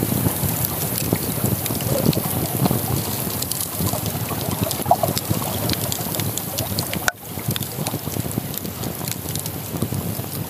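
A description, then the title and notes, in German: A campfire by the Isar, its frequent sharp crackles and pops scattered over a dense, steady rush of water and low wind-like rumble. The sound holds level throughout, with a brief dip just past seven seconds before the same texture resumes. Lagerfeuer an der Isar.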